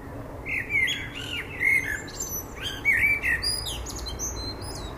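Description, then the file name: Common blackbird song: two fluty, warbling phrases each trailing into high, thin, scratchy twitters, over a soft steady hiss. "Turdus merula"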